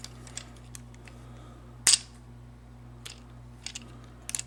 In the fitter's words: And this gun does snap in place right there.